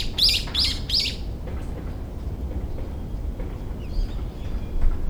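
Bird chirps, three quick high notes at the start, then faint calls over low rumbling background noise.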